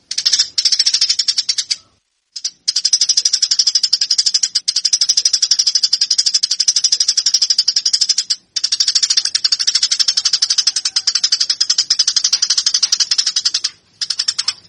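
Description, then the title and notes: Eurasian tree sparrow chattering in long, steady streams of quick, high-pitched chirps, pausing briefly a few times. Master song for training fighting-style (tarung) song. "MASTER GEREJA TARUNG. burung gereja"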